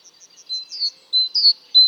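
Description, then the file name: Great tit giving sharp high whistles, a flat note and a down-slurred double note repeated, preceded by a series of soft, evenly spaced faint chips. "Parus major"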